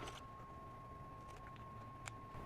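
A Ryobi USB lithium battery pack is inserted into the handle of a cordless foam cutter because the tool needs power. Over a low background rumble and a faint steady tone, a single sharp click is heard at 2.1 s as the battery seats in the handle.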